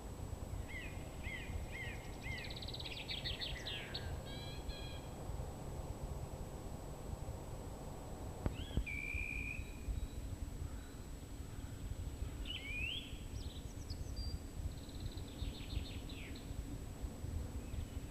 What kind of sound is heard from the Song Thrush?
song